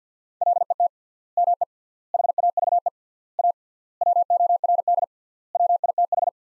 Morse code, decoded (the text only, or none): LET ME HAVE A WORD WITH